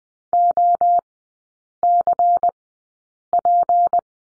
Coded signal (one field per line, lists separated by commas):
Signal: Morse code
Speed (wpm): 20 wpm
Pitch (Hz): 700 Hz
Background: none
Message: OCP